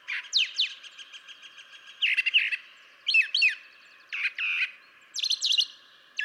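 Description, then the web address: Brown Thrasher song: a steady series of varied burry and whistled phrases, several repeated twice, spaced about every second. "birdsongforthecurious Brown Thrasher"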